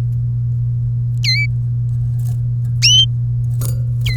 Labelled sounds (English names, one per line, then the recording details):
Domestic Canary song
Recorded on 3 May 2018 at 13:24
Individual llb3